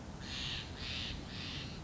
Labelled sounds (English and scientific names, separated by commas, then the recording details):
Steller's Jay (Cyanocitta stelleri)
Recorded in Sonoma County, California